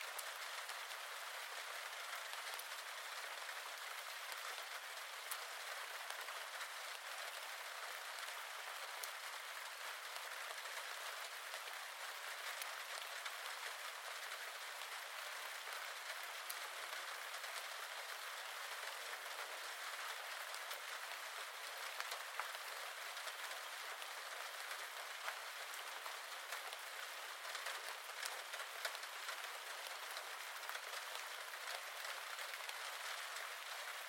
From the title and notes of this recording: 1 Hour Rain on the Rooftop. Gentle rain on the rooftop sounds.